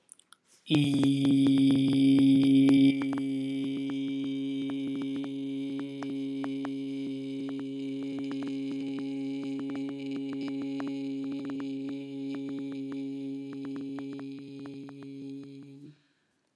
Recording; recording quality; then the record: sustained vowel as in beet; excellent, no background noise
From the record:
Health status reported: healthy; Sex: male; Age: 20 years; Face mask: not worn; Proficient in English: yes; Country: India